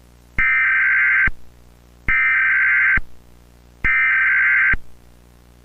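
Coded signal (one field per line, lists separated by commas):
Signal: Emergency Alert System (SAME) tones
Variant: header bursts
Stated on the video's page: Mock EAS with valid tones at the end.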